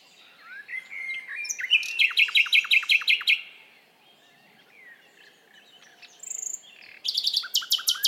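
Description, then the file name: Common nightingale song: rising whistle then a loud rhythmic run of sharp chirps, a quiet gap, and another fast trill at the end. "Luscinia megarhynchos"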